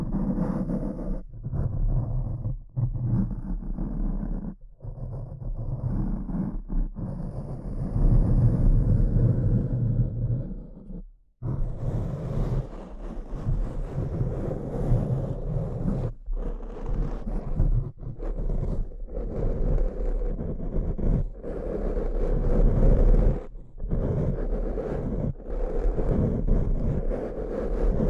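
Dense, low, rumbling scratching runs almost continuously, broken by brief sharp pauses every few seconds and a longer silence near eleven seconds.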